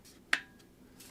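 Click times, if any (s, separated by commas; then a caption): 0.3 s. A DJI Spark drone is pressed into its charging case cradle, its four bottom contact points lined up against the four contacts in the case. A single sharp, loud click at 0.3 s marks it seating and locking into place, followed by quiet background.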